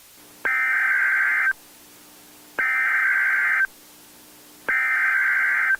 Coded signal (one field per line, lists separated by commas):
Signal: Emergency Alert System (SAME) tones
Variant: header bursts